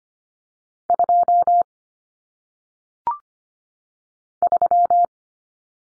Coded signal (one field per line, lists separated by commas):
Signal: Morse code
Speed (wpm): 25 wpm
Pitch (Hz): 700 Hz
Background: none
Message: 2 3